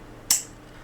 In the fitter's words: and it goes in with a nice click.